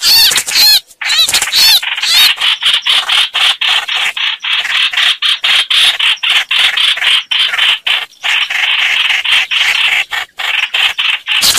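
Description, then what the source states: Red-whiskered bulbul in distress: quick wavy whistles at the start, followed by a long run of short scratchy rasps, about two per second. Distress call (crying for help).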